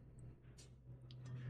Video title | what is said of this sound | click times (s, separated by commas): FANHOME OPTIMUS PRIME Pack 11 Stages 39 - 42 - Michael Bay Transformers | just push in snaps right in just like that | 1.1 s